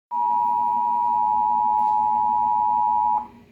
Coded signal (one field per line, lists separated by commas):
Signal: Emergency Alert System (SAME) tones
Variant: 853 and 960 Hz attention tone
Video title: Required Monthly NC EAS Test (July 9, 2025)